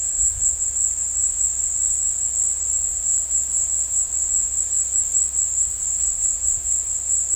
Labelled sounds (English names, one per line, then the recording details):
none
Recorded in dense forest near Puerto Asís, Putumayo, Colombia, on 20 February 2024 at 16:30
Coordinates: 0.487, -76.319
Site G6403